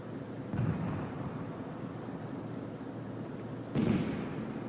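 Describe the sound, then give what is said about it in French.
Two dull cannon booms, about three seconds apart, a cannon shot and an answering shot fired from an island, each a short low thud rising out of a steady rumbling background, with no voices. “On lui a répondu de cette île.”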